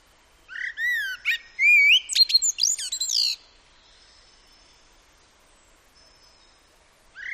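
Common blackbird song phrase: a sequence of clear, rising whistled notes that quickens into a jumble of thin, squeaky twitters, then silence before another phrase begins.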